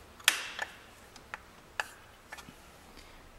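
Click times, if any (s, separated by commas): 0.3 s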